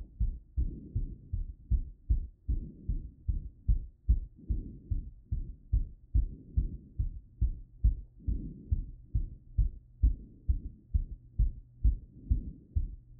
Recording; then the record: heart sounds by stethoscope after running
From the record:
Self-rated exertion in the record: vigorous exertion (4 of 6); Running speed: 9 mph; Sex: male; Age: 24 years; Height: 175 cm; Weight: 56 kg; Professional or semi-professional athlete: no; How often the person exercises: over 5 times a week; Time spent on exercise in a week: over 5 hours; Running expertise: yes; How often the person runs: over 5 times a week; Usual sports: running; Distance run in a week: 60 km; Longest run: 43 km